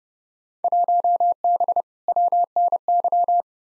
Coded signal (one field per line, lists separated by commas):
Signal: Morse code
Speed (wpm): 30 wpm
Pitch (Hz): 700 Hz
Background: none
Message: 1B WNY